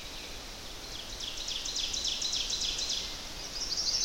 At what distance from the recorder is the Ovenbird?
about 55 m